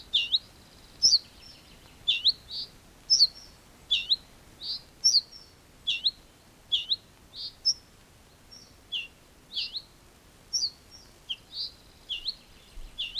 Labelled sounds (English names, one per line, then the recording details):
Ortolan Bunting alarm call
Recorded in the wild
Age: adult
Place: Schloß Holte-Stukenbrock, Senne, Nordrhein-Westfalen, DE
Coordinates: 51.8667, 8.65861
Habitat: edge of the woods
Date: 1966
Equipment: Uher 4000 Report-S, Bändchenmikro Beyer M 260, Parabolspiegel Polyester (470 mm)
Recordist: Conrads, Klaus